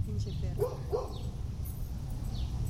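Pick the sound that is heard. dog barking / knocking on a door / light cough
dog barking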